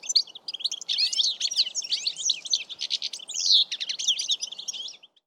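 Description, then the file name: European goldfinch giving a fast, liquid twitter of bright chirps and short buzzy trills, continuous for about five seconds before ending abruptly. "Carduelis carduelis"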